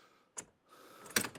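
A centred Witter towball-mounted bike rack has its clamp pushed down onto the tow ball. A short knock at 0.4 s and a rising rustling scrape from about 0.7 s lead to a sharp clunk at 1.2 s as the clamp engages, followed by two lighter knocks. The rack is confirmed seated and on the tow ball.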